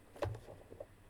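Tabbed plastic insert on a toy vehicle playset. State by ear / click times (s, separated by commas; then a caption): not seated / none. A tabbed plastic insert is pushed into a Hasbro 2021 Ghostbusters Ecto-1 toy car playset, bottom tab first into the lip and then the top tab. Only faint, soft plastic contact sounds are heard, around 0.2 s and 0.8 s. The part fits snug, but nothing has seated or clicked yet.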